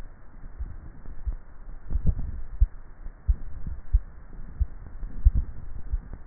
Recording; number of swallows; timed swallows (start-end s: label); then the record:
swallowing sounds by neck microphone; 3
1.95-2.58 s: swallow
3.22-3.95 s: swallow
5.12-5.88 s: swallow
From the record:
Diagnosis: dysphagia